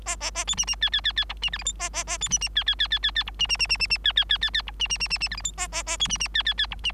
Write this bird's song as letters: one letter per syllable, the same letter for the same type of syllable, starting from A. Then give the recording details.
A A A B C C D D D D E C F G H A A A B C C D D D D D D E C C C C C C D D D D D E C C C C C F G H A A A B C C D D D E C. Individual Bird3